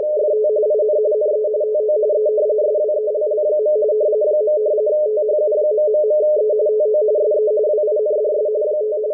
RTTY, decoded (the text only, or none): FT IN NE TO E SWELL. . THU...E TO SE WINDS 5